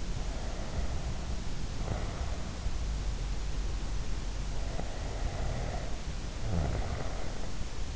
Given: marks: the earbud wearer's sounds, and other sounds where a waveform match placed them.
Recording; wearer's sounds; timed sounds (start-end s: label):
sounds in sleep by an in-ear microphone; breath, snoring breath
0.00-2.67 s: breath
4.53-7.47 s: snoring breath